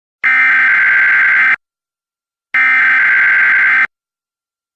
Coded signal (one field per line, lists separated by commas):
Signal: Emergency Alert System (SAME) tones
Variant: header bursts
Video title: EAS Severe Thunderstorm Warning (Pike, KY County)